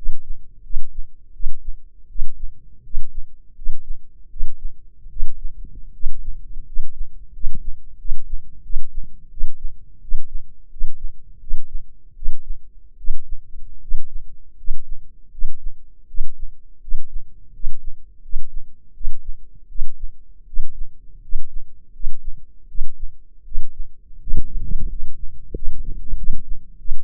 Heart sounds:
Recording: heart sounds by microphone in the left ear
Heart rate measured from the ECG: 83 bpm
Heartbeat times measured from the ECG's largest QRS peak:
0.62 s: heartbeat
1.32 s: heartbeat
2.07 s: heartbeat
2.82 s: heartbeat
3.54 s: heartbeat
4.28 s: heartbeat
5.08 s: heartbeat
5.91 s: heartbeat
6.64 s: heartbeat
7.31 s: heartbeat
7.96 s: heartbeat
8.61 s: heartbeat
9.29 s: heartbeat
10.00 s: heartbeat
10.69 s: heartbeat
11.39 s: heartbeat
12.14 s: heartbeat
12.96 s: heartbeat
13.79 s: heartbeat
14.55 s: heartbeat
15.30 s: heartbeat
16.06 s: heartbeat
16.79 s: heartbeat
17.51 s: heartbeat
18.20 s: heartbeat
18.92 s: heartbeat
19.67 s: heartbeat
20.45 s: heartbeat
21.20 s: heartbeat
21.91 s: heartbeat
22.66 s: heartbeat
23.43 s: heartbeat
24.18 s: heartbeat
24.87 s: heartbeat
25.52 s: heartbeat
26.15 s: heartbeat
26.76 s: heartbeat
From the record:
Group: healthy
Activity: rest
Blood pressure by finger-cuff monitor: 146/104 mmHg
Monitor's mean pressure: 115 mmHg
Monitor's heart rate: 83 bpm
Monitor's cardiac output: 7 L/min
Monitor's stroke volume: 84 mL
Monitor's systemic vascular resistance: 1220 dyn s/cm5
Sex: male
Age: 23 years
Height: 179 cm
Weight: 87 kg

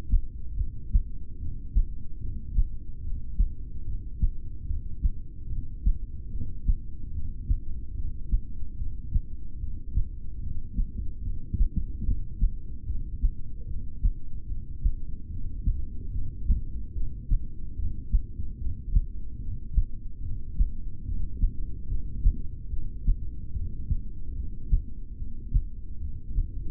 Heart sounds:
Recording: heart sounds by stethoscope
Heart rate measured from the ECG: 73 bpm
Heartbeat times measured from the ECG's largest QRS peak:
0.52 s: heartbeat
1.35 s: heartbeat
2.16 s: heartbeat
2.98 s: heartbeat
3.80 s: heartbeat
4.62 s: heartbeat
5.44 s: heartbeat
6.26 s: heartbeat
7.08 s: heartbeat
7.91 s: heartbeat
8.73 s: heartbeat
9.55 s: heartbeat
10.36 s: heartbeat
11.18 s: heartbeat
12.00 s: heartbeat
12.81 s: heartbeat
13.63 s: heartbeat
14.44 s: heartbeat
15.25 s: heartbeat
16.07 s: heartbeat
16.90 s: heartbeat
17.72 s: heartbeat
18.54 s: heartbeat
19.35 s: heartbeat
20.18 s: heartbeat
21.01 s: heartbeat
21.84 s: heartbeat
22.66 s: heartbeat
23.49 s: heartbeat
24.31 s: heartbeat
25.13 s: heartbeat
25.96 s: heartbeat
From the record:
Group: heart failure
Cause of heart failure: ischemic heart disease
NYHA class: 2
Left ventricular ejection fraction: 28%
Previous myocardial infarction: present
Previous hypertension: present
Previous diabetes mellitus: present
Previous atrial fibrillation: present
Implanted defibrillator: present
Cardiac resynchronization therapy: present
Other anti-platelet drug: absent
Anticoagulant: apixaban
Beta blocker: bisoprolol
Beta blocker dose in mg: 10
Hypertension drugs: sacubitril-valsartan, spironolactone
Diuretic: furosemide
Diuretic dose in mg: 20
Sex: male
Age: 62 years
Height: 178 cm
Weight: 88.3 kg

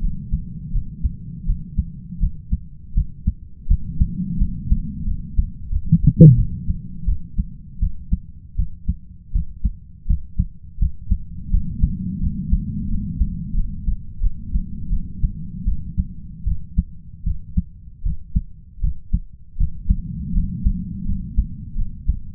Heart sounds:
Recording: heart sounds by stethoscope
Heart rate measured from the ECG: 83 bpm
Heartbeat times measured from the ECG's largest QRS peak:
0.01 s: heartbeat
0.72 s: heartbeat
1.46 s: heartbeat
2.19 s: heartbeat
2.94 s: heartbeat
3.67 s: heartbeat
4.38 s: heartbeat
5.05 s: heartbeat
5.70 s: heartbeat
6.36 s: heartbeat
7.06 s: heartbeat
7.80 s: heartbeat
8.56 s: heartbeat
9.32 s: heartbeat
10.07 s: heartbeat
10.79 s: heartbeat
11.51 s: heartbeat
12.20 s: heartbeat
12.88 s: heartbeat
13.54 s: heartbeat
14.21 s: heartbeat
14.90 s: heartbeat
15.65 s: heartbeat
16.45 s: heartbeat
17.24 s: heartbeat
18.03 s: heartbeat
18.81 s: heartbeat
19.57 s: heartbeat
20.33 s: heartbeat
21.05 s: heartbeat
21.75 s: heartbeat
From the record:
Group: healthy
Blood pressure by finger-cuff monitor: 120/70 mmHg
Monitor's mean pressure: 87 mmHg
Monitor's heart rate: 82 bpm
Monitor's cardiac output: 7.9 L/min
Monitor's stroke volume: 94 mL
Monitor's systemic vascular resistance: 800 dyn s/cm5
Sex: male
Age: 33 years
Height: 179 cm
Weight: 80.4 kg

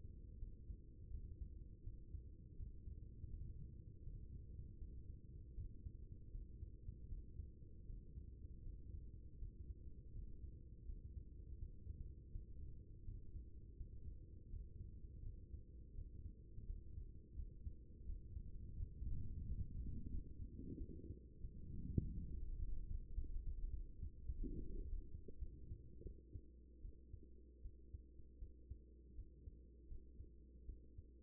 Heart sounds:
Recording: heart sounds by stethoscope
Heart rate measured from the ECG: 85 bpm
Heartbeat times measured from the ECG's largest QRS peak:
0.38 s: heartbeat
1.10 s: heartbeat
1.83 s: heartbeat
2.56 s: heartbeat
3.29 s: heartbeat
4.03 s: heartbeat
4.77 s: heartbeat
5.54 s: heartbeat
6.31 s: heartbeat
7.08 s: heartbeat
7.85 s: heartbeat
8.62 s: heartbeat
9.38 s: heartbeat
10.12 s: heartbeat
10.85 s: heartbeat
11.58 s: heartbeat
12.31 s: heartbeat
13.04 s: heartbeat
13.76 s: heartbeat
14.49 s: heartbeat
15.22 s: heartbeat
15.94 s: heartbeat
16.65 s: heartbeat
17.35 s: heartbeat
18.05 s: heartbeat
18.76 s: heartbeat
19.45 s: heartbeat
20.10 s: heartbeat
20.77 s: heartbeat
21.41 s: heartbeat
22.01 s: heartbeat
22.58 s: heartbeat
23.14 s: heartbeat
23.70 s: heartbeat
24.26 s: heartbeat
24.82 s: heartbeat
25.39 s: heartbeat
26.03 s: heartbeat
26.82 s: heartbeat
27.62 s: heartbeat
28.39 s: heartbeat
29.15 s: heartbeat
29.88 s: heartbeat
30.65 s: heartbeat
From the record:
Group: healthy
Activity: Valsalva maneuver 0-21 s, rest 21-31 s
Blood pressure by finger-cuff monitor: 123/82 mmHg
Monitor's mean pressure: 95 mmHg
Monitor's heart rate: 82 bpm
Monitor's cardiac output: 5.6 L/min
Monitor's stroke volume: 69 mL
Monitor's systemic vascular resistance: 1230 dyn s/cm5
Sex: female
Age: 24 years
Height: 163 cm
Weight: 55.7 kg

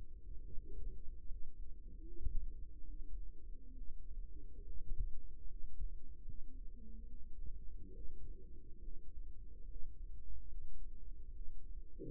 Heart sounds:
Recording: heart sounds by microphone in the right ear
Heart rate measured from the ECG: 72 bpm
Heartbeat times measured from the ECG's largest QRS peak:
0.45 s: heartbeat
1.26 s: heartbeat
2.02 s: heartbeat
2.85 s: heartbeat
3.73 s: heartbeat
4.62 s: heartbeat
5.45 s: heartbeat
6.23 s: heartbeat
7.06 s: heartbeat
7.92 s: heartbeat
8.79 s: heartbeat
9.65 s: heartbeat
10.47 s: heartbeat
11.31 s: heartbeat
From the record:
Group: healthy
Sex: female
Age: 22 years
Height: 160 cm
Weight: 63 kg

